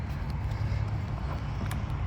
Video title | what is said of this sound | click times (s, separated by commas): Sifly rider efoil set up and first ride in Jupiter Florida! | And you click it down till it clicks. | 1.7 s